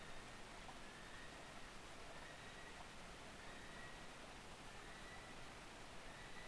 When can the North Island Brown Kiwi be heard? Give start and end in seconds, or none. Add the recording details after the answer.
0.00-6.48. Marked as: faintness 3/5. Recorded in New Zealand on 7 November 2014. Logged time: 22:14. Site CJ68